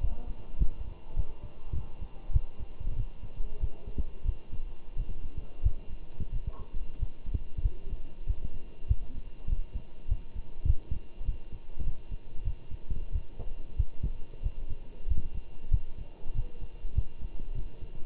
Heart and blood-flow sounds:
heart sounds by stethoscope; between the tricuspid and mitral areas; 96 bpm
0.01 s: heartbeat
0.59 s: heartbeat
1.17 s: heartbeat
1.75 s: heartbeat
2.33 s: heartbeat
2.97 s: heartbeat
3.61 s: heartbeat
4.26 s: heartbeat
4.97 s: heartbeat
5.63 s: heartbeat
6.33 s: heartbeat
7.00 s: heartbeat
7.64 s: heartbeat
8.27 s: heartbeat
8.88 s: heartbeat
9.50 s: heartbeat
10.09 s: heartbeat
10.67 s: heartbeat
11.25 s: heartbeat
11.85 s: heartbeat
12.45 s: heartbeat
13.13 s: heartbeat
13.77 s: heartbeat
14.43 s: heartbeat
15.09 s: heartbeat
15.72 s: heartbeat
16.35 s: heartbeat
16.95 s: heartbeat
17.55 s: heartbeat
From the record:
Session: walking at 3.7 km/h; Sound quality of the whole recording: good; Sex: male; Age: 23 years

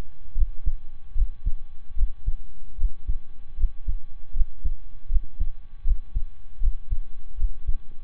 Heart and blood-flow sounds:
heart sounds by stethoscope; between the tricuspid and mitral areas; 77 bpm
0.32 s: heartbeat
1.12 s: heartbeat
1.93 s: heartbeat
2.75 s: heartbeat
3.54 s: heartbeat
4.31 s: heartbeat
5.06 s: heartbeat
5.81 s: heartbeat
6.57 s: heartbeat
7.34 s: heartbeat
From the record:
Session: slow and fast walking with breaks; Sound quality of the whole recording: saturated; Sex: male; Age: 25 years

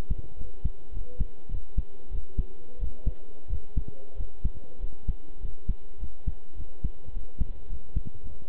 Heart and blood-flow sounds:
heart sounds by stethoscope; between the tricuspid and mitral areas; 99 bpm
0.37 s: heartbeat
0.92 s: heartbeat
1.49 s: heartbeat
2.10 s: heartbeat
2.78 s: heartbeat
3.48 s: heartbeat
4.16 s: heartbeat
4.79 s: heartbeat
5.40 s: heartbeat
5.98 s: heartbeat
6.55 s: heartbeat
7.12 s: heartbeat
7.67 s: heartbeat
8.22 s: heartbeat
From the record:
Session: pedaling a stationary bicycle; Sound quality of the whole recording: good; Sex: male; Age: 23 years

